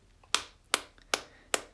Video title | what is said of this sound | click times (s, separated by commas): DO THEY HOLD UP?? Kore Essentials Belts - 1 Year Later! | So if you put the belt in and you hit them, you're gonna hear that clicking. | 0.3 s, 0.7 s, 1.1 s, 1.5 s